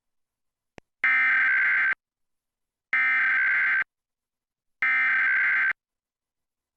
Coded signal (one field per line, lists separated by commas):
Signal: Emergency Alert System (SAME) tones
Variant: header bursts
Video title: US National Emergency Alert System (EAS) Test — October 4, 2023